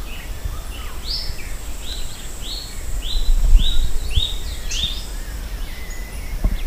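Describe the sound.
Bird song of high whistled notes repeated in a steady series, over loud low rumbling noise.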